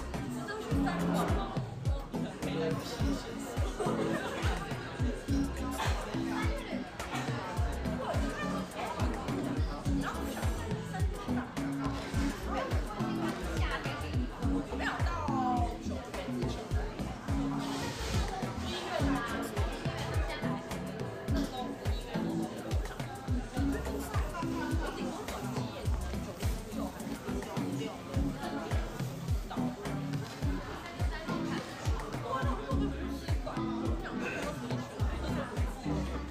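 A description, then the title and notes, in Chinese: Steady murmur of a busy café, with many overlapping voices talking at once in an indoor room. The chatter stays dense and even throughout, with occasional clinks and a brief brighter sound around fifteen seconds, mid-to-low in tone. 來自咖啡廳的白噪音。本集就是現場錄製咖啡廳的白噪音。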